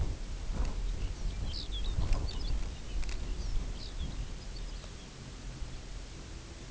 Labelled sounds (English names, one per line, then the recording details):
Lapland Longspur
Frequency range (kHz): Lapland Longspur 1.9-6.6 kHz
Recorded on Arctic tundra, site UTQI-0, on 16 June 2019
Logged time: 20:00